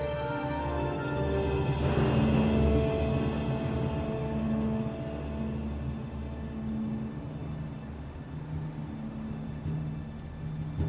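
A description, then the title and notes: Rainy Solstheim music and ambience: long held tones float over a steady low drone, with a brief swell around the two-second mark. Faint scattered ticks, like light rain, run through the top throughout, and the level stays even, dipping slightly near the end. Music & Ambience - Rainy Solstheim.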